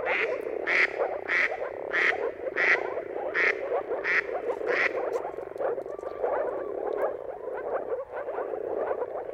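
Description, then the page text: Moor frog chorus of soft bubbling calls, with a separate higher croaking call repeated about every 0.7 seconds for the first five seconds. Moor frogs in a mating chorus at sunrise, heard at the turn of March and April depending on the weather. "Dawn’s Chorus: Mating Calls of Marsh Frogs at Sunrise. Depending on the weather at the turn of March and April, you can witness an amazing spectacle of moor frogs. Jakub Orzecki"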